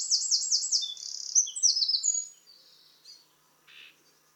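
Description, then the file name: Eurasian wren song ending with a fast high trill and warbled notes, then quiet apart from a brief rasping burst. "Troglodytes troglodytes"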